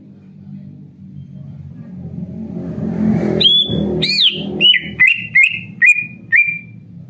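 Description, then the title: Greater green leafbird singing over a rising engine rumble: a couple of high whistled notes followed by several similar falling whistled notes. Training recording of a bird in full, vigorous song. "Cucak Ijo Gacor"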